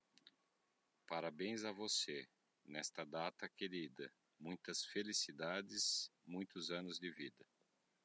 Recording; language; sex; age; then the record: short text; Brazilian Portuguese; male; 50 to 59 years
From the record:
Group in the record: control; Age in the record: 50 years